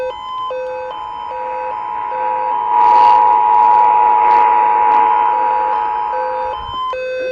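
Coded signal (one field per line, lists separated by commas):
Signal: Emergency Alert System (SAME) tones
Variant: 853 and 960 Hz attention tone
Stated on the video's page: Required Monthly Test received via broadcast radio on a WX-268 receiver.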